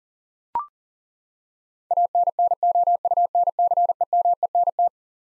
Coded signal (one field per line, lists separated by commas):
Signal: Morse code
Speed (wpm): 40 wpm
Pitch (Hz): 700 Hz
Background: none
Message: ANNOUNCEMENT